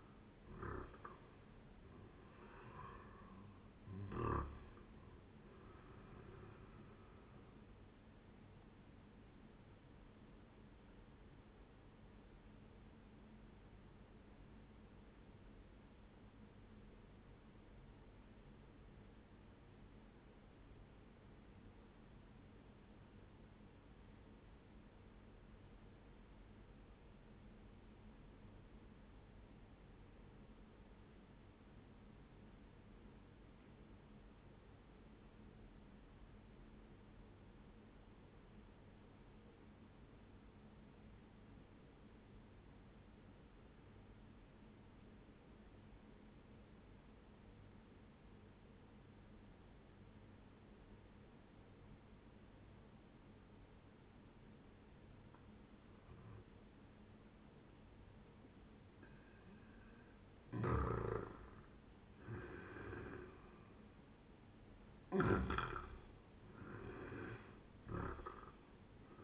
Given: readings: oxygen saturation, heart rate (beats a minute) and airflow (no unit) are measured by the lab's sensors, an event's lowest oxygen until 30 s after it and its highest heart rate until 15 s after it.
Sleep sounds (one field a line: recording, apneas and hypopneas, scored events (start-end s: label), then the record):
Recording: breathing in sleep by a voice recorder at the bedside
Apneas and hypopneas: 1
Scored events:
16.00-59.90 s: obstructive apnea (N1, oxygen 97% highest, then 90% lowest, heart rate 65 at the start, 78 highest)
32.00-62.00 s: new sleep stage, N2 (light sleep)
62.00-69.24 s: new sleep stage, N1 (lightest sleep)
From the record:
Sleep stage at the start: N1 (lightest sleep)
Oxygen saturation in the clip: 89 to 97%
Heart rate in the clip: 58 to 78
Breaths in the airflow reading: 5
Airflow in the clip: -11.7 to 13.3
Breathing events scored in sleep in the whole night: 131 in 7.2 hours asleep